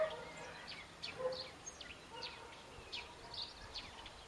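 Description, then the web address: Birds giving scattered, high, sharp chirps at irregular intervals over a faint steady hiss. "cianscape birddata Deverinetal 2025 Bird Only Co Pa"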